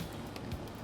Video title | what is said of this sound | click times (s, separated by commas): When Did "Easy" Laptop Repairs Become So Hard? | And you heard those clicks? | 0.4 s